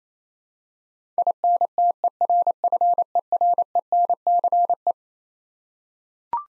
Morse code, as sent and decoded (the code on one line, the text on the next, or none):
.. -. - . .-. ..-. . .-. . -. -.-. .
INTERFERENCE